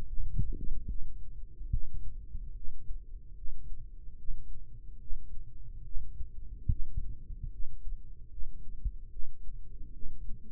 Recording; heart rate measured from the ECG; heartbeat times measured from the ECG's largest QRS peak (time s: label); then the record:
heart sounds by microphone in the right ear; 73 bpm
0.07 s: heartbeat
0.88 s: heartbeat
1.71 s: heartbeat
2.55 s: heartbeat
3.36 s: heartbeat
4.18 s: heartbeat
5.00 s: heartbeat
5.84 s: heartbeat
6.69 s: heartbeat
7.51 s: heartbeat
8.30 s: heartbeat
9.11 s: heartbeat
9.93 s: heartbeat
From the record:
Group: healthy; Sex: male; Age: 55 years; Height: 167 cm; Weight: 57.2 kg